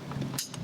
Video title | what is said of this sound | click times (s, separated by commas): DIY FIAT 124: Installing MAXPower ECM by MADNESS | There it is. Going to lock our connection. | 0.4 s